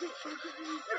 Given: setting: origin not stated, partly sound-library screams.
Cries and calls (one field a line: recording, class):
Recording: one-second piece from a danger detection set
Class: woman in danger